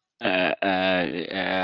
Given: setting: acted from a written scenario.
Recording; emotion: vocal sound without words; embarrassment